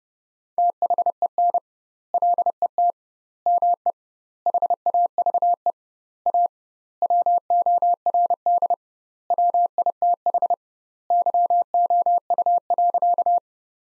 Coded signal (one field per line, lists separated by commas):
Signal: Morse code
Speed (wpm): 32 wpm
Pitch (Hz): 700 Hz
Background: none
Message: THEN LET ME HAVE A WORD WITH YOU.